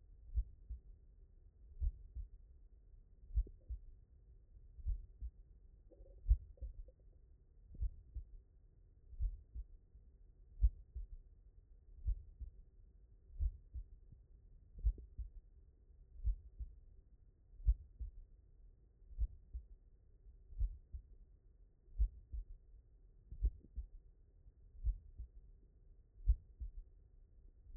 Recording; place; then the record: heart sounds by stethoscope; mitral valve (MV)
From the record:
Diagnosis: non-HFrEF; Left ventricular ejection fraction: 72%